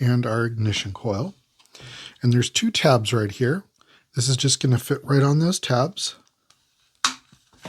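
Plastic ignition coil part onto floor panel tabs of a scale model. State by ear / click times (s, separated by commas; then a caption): seated / 7.1 s. Someone talks while pressing a plastic ignition coil part onto two tabs on the floor panel of a 1:8 scale Lotus Esprit "Wet Nellie" model car. A sharp snap is heard at 7.1 s as the part seats in place on the tabs.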